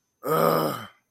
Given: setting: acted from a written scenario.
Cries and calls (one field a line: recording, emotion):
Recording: vocal sound without words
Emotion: anger